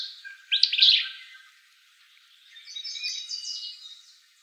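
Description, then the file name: Willow flycatcher song: a sharp, buzzy, sneezy burst near the start, then a softer, longer buzzy phrase after a short pause. Recorded in Arizona. "WIFL 7 B deviche"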